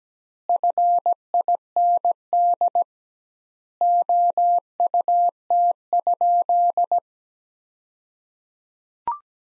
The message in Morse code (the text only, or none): FIND OUT?